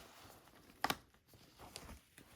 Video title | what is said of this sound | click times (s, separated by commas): Oreck XL Silver Tuneup - Belt Bag and Brushroll U3770HH4 | Until it clicks. | 0.8 s